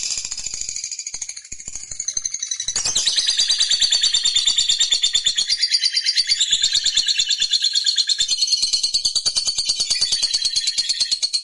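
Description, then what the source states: Lovebird in energetic chatter: a thinner twittering start, then a louder continuous rush of rapid high squeaky notes that carries on to the end. Fighter-type lovebird singing energetically and continuously (gacor).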